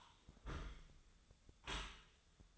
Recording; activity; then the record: daily activity, microphone in the room; close dishwasher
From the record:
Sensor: 3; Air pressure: 1004.7 hPa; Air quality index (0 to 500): 96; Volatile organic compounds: 3 ppm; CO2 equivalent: 1494 ppm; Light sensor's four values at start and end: 7/18/7/7 and 7/17/7/7